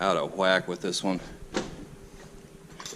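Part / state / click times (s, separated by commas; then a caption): vehicle door latch into the striker on the body / partly seated / 2.8 s, 2.9 s. A 1993 Ford Bronco truck door is closed after a new rocker panel has been fitted, with its latch striking the striker on the body. Someone talks, then the latch clicks at 2.8 and 2.9 seconds but does not fully catch, leaving the door only partly latched.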